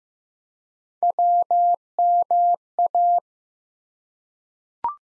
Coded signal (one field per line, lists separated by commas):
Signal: Morse code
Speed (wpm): 15 wpm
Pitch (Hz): 700 Hz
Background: none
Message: WMA